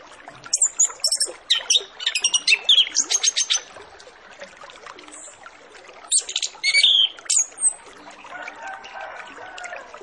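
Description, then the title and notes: Orange-headed Thrush singing quick series of high, varied chirps and whistles, a pause, then another burst of bright notes, with faint background hiss. Full-fill master recording used as a lure to get Orange-headed Thrushes to sing quickly and openly. "Masteran Anis Kembang Full Isian Untuk Suara Pancingan Anis Kembang Agar Cepat Ngeplong. Suara Burung Anis Kembang"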